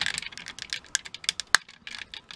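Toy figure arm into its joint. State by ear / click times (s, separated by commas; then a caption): seated / 1.5 s. The arms of a Masterpiece MP-5 Megatron transforming robot figure are pushed onto a plastic joint, producing a run of light plastic clicks and rattling taps. A sharp, loud click at 1.5 s marks the arm clipping in properly, seating without any problem.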